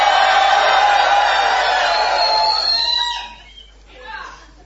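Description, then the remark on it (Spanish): An audience shouts together in a cathartic group shout on a count of three, one loud, sustained roar of mixed voices for about three seconds, then it breaks off, followed by a brief, fainter scattered cry. “No, pero podríamos gritar en general.”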